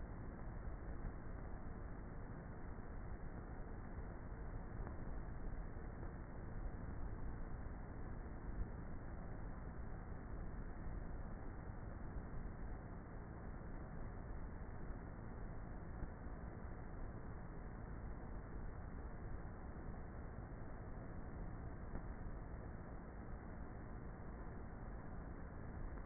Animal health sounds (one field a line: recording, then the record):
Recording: honeybee colony, microphone inside the hive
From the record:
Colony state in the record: queenless with a low population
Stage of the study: before two queens were removed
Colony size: about 30,000 bees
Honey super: no